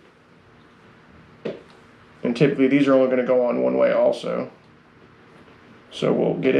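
A plastic front face is handled against an electrical pigtail connector housing, with a brief sharp handling sound near 1.5 s and someone talking through most of the clip. Nothing has seated or clicked yet; the front face is not yet home on the connector.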